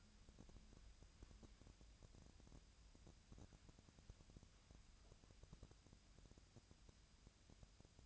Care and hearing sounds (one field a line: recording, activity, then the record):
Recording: daily activity, microphone in the room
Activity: wipe stove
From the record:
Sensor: 2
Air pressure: 1003.2 hPa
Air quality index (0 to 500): 203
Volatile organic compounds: 6 ppm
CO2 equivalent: 1933 ppm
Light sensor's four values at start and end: 7/18/7/8 and 7/17/7/8